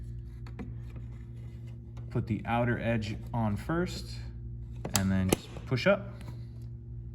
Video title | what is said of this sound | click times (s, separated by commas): How To Change A 2015 - 2020 GMC Yukon License Plate Light Bulb - Remove Replace Yukon XL Replacement | line this up tighten it up so you hear that click | 0.5 s, 0.6 s